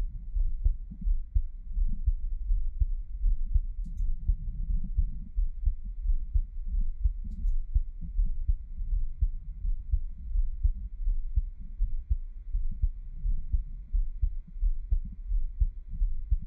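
Low, muffled thumps repeat at about 85 beats a minute, with a steady beat pattern under some rubbing and handling noise and a faint background hum. An adult's own heartbeat heard close to the chest.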